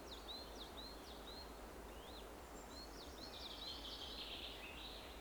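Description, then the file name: European robin singing thin, high whistled phrases with quick swoops and twittering notes, faint against a steady broad hiss. Possibly recorded on 18 September 2024. "Erithacus rubecula 240918"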